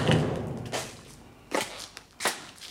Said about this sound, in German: Das ist ein Klopfen.